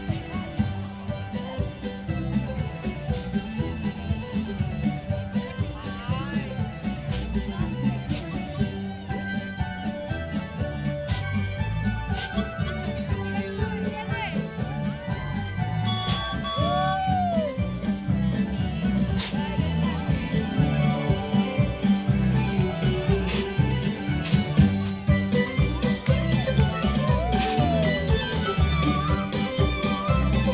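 A dense, steady wash of music from the Main Street Electrical Parade runs throughout, heavy in the low end with a busy rhythmic pulse. Brief clicks and sharp taps punctuate it, and short rising-falling whistle-like tones appear around 17 and 27 seconds.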